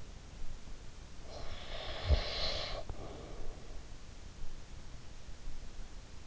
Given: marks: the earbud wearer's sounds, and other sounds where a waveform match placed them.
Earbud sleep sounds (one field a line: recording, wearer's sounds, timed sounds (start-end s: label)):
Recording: sounds in sleep by an in-ear microphone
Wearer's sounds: breath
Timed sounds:
0.64-3.99 s: breath